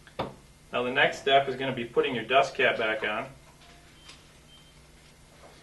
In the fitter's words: uh the flat spots misalign so slide it down till it clicks